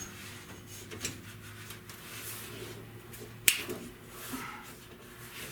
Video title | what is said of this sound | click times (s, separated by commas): How to repair rusty window channel repair #70buickwildcat #rustrepair #metalfabrication | snapped into place there | 3.5 s